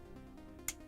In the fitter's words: just like that until they click into place and then these Tabs are going to scoot into those slots there so